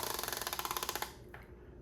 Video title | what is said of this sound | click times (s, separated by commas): Favorite EDC Belts - Everyday Carry | and you'll hear clicking | 0.3 s, 0.5 s, 0.6 s, 0.7 s, 0.8 s, 0.9 s